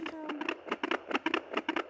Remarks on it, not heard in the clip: Bought a Doppler machine so you could hear her heartbeat. We started doing it every single day as a good morning and a good night. Her heart beating.